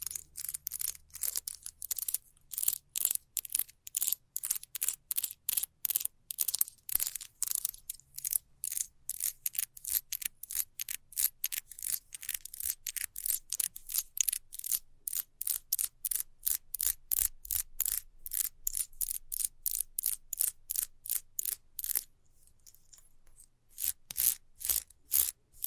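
Fast, regular scratching strokes repeat roughly twice a second, each a bright, dry rasp, with a brief pause near twenty-three seconds.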